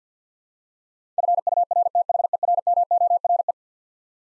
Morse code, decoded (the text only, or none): FURTHERMORE